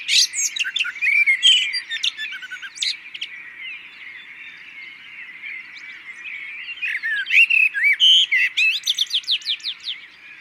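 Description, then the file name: Common blackbird, rapid high calls at the opening and a long rhythmic series of sharp notes later. "Turdus merula"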